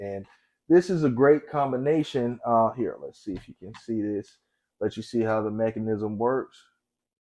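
A folding stabilizing brace on a pistol is handled at its rear hinge mechanism while someone talks over it. Nothing has seated or locked into place yet.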